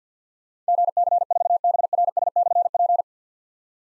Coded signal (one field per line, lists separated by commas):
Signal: Morse code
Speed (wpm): 52 wpm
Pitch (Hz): 700 Hz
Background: none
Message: GC4BRS/P